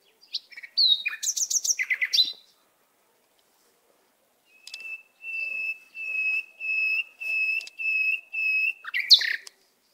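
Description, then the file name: Canary song: a rapid stuttering trill, a pause, then a series of clear whistled notes held at one steady pitch, repeated about twice a second, ending in a downswept note. "Canary Voice"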